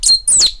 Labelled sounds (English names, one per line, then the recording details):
Stitchbird song
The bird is a male
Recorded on Tiritiri Matangi Island, New Zealand, in 2005
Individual 8, of nest box 10